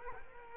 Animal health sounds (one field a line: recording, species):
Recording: mosquito wingbeat signal from an infrared sensor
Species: Culex quinquefasciatus